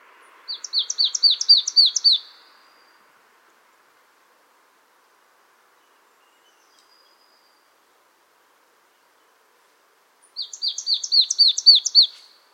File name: Poecile palustris